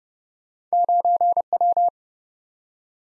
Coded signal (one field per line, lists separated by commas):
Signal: Morse code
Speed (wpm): 29 wpm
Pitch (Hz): 700 Hz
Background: none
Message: 9W